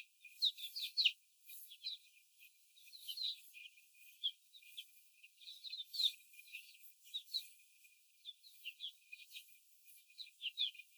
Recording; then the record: young laying hens in a cage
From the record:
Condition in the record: before the stressor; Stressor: simulated dog barking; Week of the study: 4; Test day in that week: 1